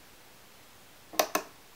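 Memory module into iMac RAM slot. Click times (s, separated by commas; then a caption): 1.2 s, 1.4 s. A memory module is pushed down into the RAM slot of a 2013 27-inch iMac until it clicks. After a quiet stretch, two sharp clicks sound at 1.2 s and 1.4 s. The module is seated.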